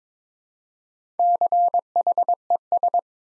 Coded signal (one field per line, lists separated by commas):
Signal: Morse code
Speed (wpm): 22 wpm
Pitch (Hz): 700 Hz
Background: none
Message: CHES